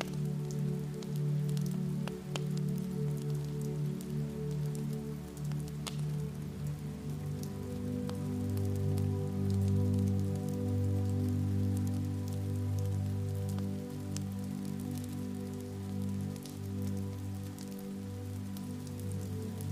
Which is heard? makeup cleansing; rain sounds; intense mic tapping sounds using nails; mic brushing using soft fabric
rain sounds